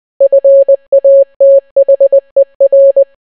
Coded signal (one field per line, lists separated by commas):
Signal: Morse code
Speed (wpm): 20 wpm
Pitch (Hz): 550 Hz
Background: none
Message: FATHER